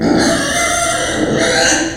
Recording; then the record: squeal of a Yucatan mini pig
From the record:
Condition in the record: before surgery on the right vocal fold (resection and tissue-engineered implant); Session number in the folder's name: 3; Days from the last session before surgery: 0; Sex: female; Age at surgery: 19 weeks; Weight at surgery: 25 kg